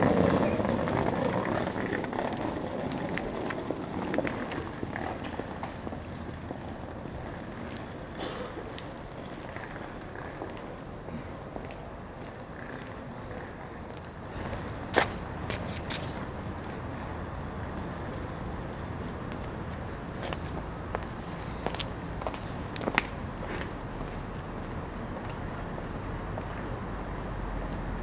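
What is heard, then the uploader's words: A cold, damp train station platform with a steady low rumble of machinery and murmuring commuters filling the space. Sharp clicks and clanks ring out now and then, loudest around the middle and again near the end, over a constant hiss. Captured in the early morning on a cold and damp train station platform. Commuters are gradually filling up the platform in preparation to board trains to their place of work.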